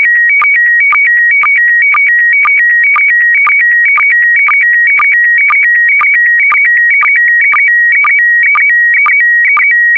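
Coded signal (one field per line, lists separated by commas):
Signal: SSTV (slow-scan television)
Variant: PD120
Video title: (04 of 12) ISS Expedition 61 - MAI-75 January 2020 - Retransmission SSTV PD120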